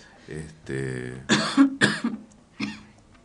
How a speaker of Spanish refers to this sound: No tenemos nada preparado, pero un programa particular, un programa atípico con algunas toses y vamos a tener que contar el cuento de la tos. Un cuento que empieza y termina con tos.